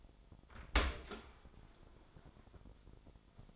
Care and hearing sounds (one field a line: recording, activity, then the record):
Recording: daily activity, microphone in the room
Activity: open dishwasher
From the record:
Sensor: 5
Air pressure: 1003.2 hPa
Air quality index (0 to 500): 126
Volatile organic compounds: 1 ppm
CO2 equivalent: 928 ppm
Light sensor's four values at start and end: 70/169/70/79 and 67/162/68/75